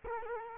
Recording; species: mosquito wingbeat signal from an infrared sensor; Culex quinquefasciatus